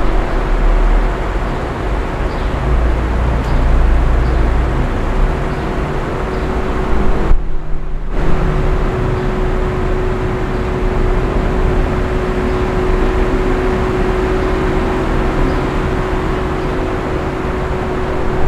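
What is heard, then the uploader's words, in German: A fan hums steadily in a hotel room, a dense even whoosh with a low steady tone and a brief dip near seven seconds. Hotelzimmer-Idylle: Entspannung mit dem sanften Summen eines Ventilators. Geräuschen eines Hotelzimmers mit Ventilator.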